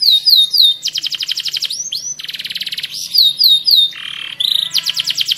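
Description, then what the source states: Atlantic canary song, a varied high run of rapid repeated trills, looping falling whistles and buzzy rattles, changing phrase every second or so, with a low hum underneath. Kenari (canary) in the 'kalitan' style, titled 'gaya gela gelo'.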